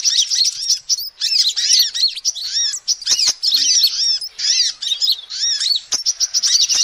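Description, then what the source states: Lovebird calls, dense high-pitched chirping and twittering in fast bursts with brief pauses and a few clicks. Lovebird call used as a lure to trap birds.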